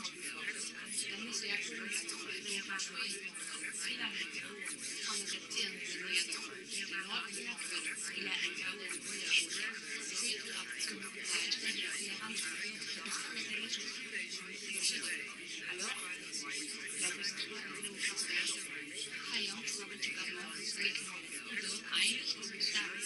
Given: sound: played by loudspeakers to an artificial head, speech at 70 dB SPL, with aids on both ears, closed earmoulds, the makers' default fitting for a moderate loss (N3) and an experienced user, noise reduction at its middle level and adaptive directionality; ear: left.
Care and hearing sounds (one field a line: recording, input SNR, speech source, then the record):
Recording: speech test signal (ISTS) in cocktail-party noise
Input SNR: -6 dB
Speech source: on the right (90 degrees)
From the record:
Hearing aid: class 2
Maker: J